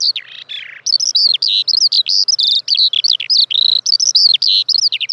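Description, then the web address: Eurasian skylark singing a fast, unbroken warble of high chirruping and buzzy notes, several each second, opening with a couple of lower, harsher phrases. "fugler sanglerke"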